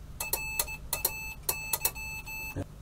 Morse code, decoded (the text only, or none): RAY